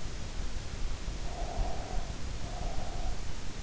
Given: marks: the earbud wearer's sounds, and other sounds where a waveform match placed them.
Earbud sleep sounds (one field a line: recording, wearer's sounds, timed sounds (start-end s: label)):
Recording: sounds in sleep by an in-ear microphone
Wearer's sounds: breath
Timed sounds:
1.15-3.33 s: breath